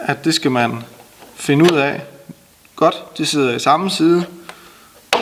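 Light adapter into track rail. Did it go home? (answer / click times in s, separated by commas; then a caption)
yes / 5.1 s. A Nordlux Link System light adapter is pushed fully into the groove of a track rail while someone talks. A loud, sharp click at 5.1 s marks the adapter seating fully in the rail.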